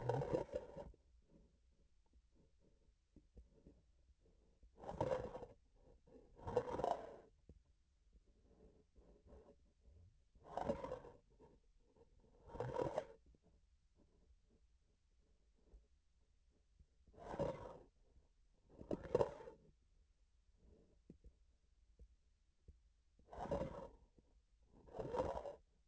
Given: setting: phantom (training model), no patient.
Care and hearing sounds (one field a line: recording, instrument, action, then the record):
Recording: laparoscopic instrument, vibration sensor on the handle end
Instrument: grasping forceps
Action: approaching and retracting movements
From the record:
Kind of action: spatial motion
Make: other than Olympus